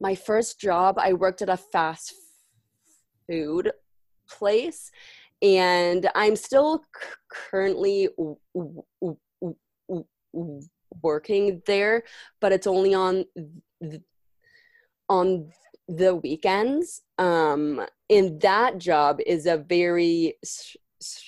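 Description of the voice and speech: A 20-year-old woman from Canada speaks with a stutter: repeated initial 'k' sounds, stretched sounds, 'um' fillers, and silent blocks lasting up to two or three seconds, breaking up otherwise clear speech. These are typical disfluencies of stuttering.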